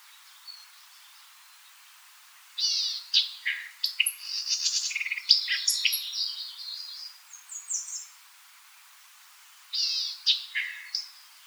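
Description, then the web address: White-eyed vireo singing a long, jumbled run of sharp chips and buzzy slurs, then a short second phrase after a pause. Recorded 4 January 2007. "White-eyed Vireo 2007 01 04 White-eyed Vireo"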